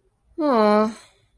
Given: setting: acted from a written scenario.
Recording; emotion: vocal sound without words; sympathy